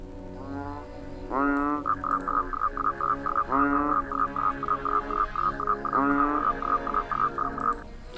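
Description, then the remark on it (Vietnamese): A chorus of frogs croaks all around a ferry landing at midnight after rain, a continuous steady pulsing trill layered with loud, rising nasal calls that repeat every couple of seconds, overlapping into a dense, throbbing drone. “Tiếng ếch nhái kêu râm ran xung quanh sau trận mưa.”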